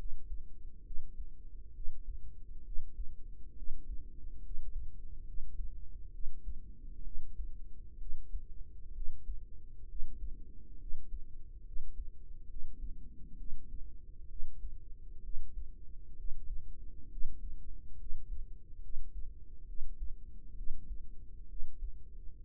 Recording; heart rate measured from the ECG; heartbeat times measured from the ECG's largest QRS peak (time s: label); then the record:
heart sounds by microphone in the right ear; 67 bpm
0.82 s: heartbeat
1.71 s: heartbeat
2.62 s: heartbeat
3.53 s: heartbeat
4.40 s: heartbeat
5.23 s: heartbeat
6.10 s: heartbeat
7.01 s: heartbeat
7.96 s: heartbeat
8.91 s: heartbeat
9.85 s: heartbeat
10.76 s: heartbeat
11.62 s: heartbeat
12.46 s: heartbeat
13.35 s: heartbeat
14.26 s: heartbeat
15.20 s: heartbeat
16.14 s: heartbeat
17.07 s: heartbeat
17.95 s: heartbeat
18.79 s: heartbeat
19.64 s: heartbeat
20.53 s: heartbeat
21.46 s: heartbeat
22.38 s: heartbeat
From the record:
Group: healthy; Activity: rest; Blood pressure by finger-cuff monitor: 115/60 mmHg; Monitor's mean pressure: 76 mmHg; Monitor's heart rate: 66 bpm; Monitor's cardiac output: 5.5 L/min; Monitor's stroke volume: 83 mL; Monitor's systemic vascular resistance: 990 dyn s/cm5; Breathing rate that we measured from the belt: 9 breaths a minute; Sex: female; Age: 32 years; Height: 168 cm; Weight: 61.9 kg